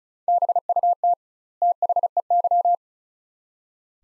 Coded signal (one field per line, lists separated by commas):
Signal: Morse code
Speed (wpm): 36 wpm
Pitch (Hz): 700 Hz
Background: none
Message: BUT THEY